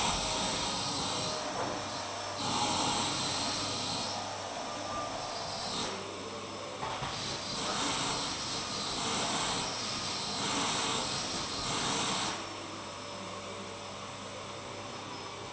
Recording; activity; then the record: daily activity, microphone in the room; vacuum cleaning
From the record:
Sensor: 1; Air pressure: 999.3 hPa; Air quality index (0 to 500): 206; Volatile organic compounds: 48 ppm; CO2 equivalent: 3262 ppm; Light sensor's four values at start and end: 9/22/8/9 and 9/22/8/9